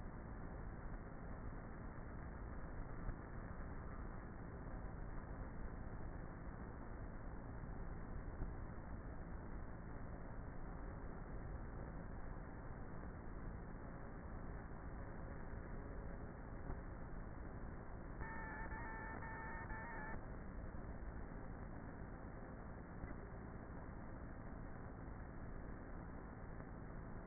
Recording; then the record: honeybee colony, microphone inside the hive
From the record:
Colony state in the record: queenless with a low population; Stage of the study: before two queens were removed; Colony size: about 30,000 bees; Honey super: no